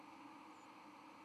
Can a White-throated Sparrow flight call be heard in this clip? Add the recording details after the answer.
no. Another species' flight call is heard. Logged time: 09:39 on 31 October 2014